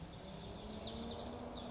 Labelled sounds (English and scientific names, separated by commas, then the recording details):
Lazuli Bunting (Passerina amoena)
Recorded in Sonoma County, California